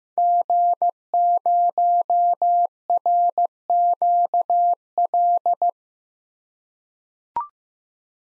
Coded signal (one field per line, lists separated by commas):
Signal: Morse code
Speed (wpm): 15 wpm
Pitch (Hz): 700 Hz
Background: none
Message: G0RQL